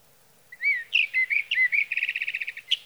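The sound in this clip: Sage Thrasher singing a few slurred warbled notes followed by a fast trill of repeated notes and a sharp note.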